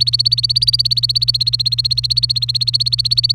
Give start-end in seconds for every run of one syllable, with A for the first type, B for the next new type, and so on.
0.00-3.35 A